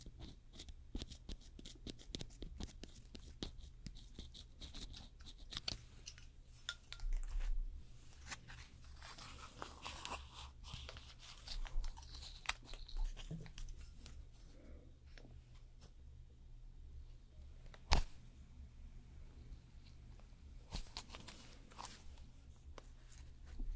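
Nail extension and gel nail work: a steady run of small clicks, taps and scraping ticks, irregular and fairly dense throughout. A low hum sits underneath the whole time, with a few louder knocks around 7, 12 and 18 seconds.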